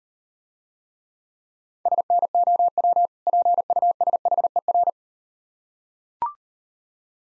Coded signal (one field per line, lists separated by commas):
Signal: Morse code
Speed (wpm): 38 wpm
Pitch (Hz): 700 Hz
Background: none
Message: SNOW PUSHER